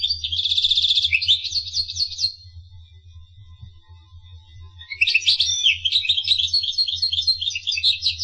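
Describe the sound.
Finch song: a quick buzzy trill and chirps, a faint thin whistle for a few seconds, then a renewed burst of rapid twittering notes, over low hum.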